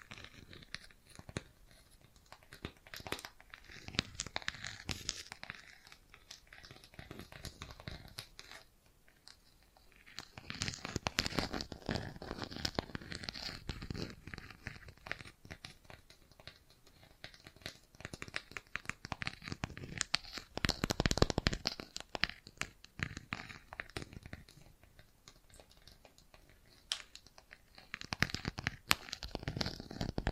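Bracelets and jewelry boxes being handled, with dense bursts of crinkly, scratchy clicking and rattling that come and go in clusters. Busier stretches fall around 3–6, 10–14, 19–22 and 28–30 seconds, separated by quieter pauses with only scattered small taps.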